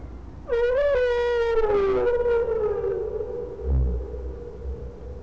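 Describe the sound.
Whale moan: one long harmonic tone that starts abruptly, wavers briefly, then slides slowly downward for nearly three seconds before fading, with a low thud.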